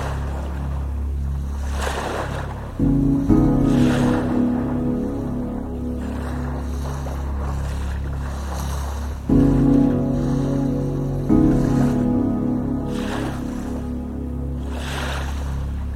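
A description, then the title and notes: Ocean waves wash in every few seconds, their hiss swelling and fading over a steady low rumble like a boat engine. Sustained mid-range tones rise in around three seconds and again near nine and a half seconds, layering a soft drone beneath the surf. Ocean Waves.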